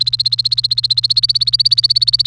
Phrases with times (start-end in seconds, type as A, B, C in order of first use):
0.00-2.27 A